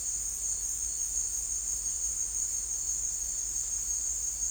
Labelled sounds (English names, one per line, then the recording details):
none
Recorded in secondary vegetation near Puerto Asís, Putumayo, Colombia, on 21 December 2024 at 16:30
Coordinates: 0.484, -76.319
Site GP06